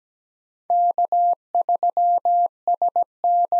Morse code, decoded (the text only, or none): K3SN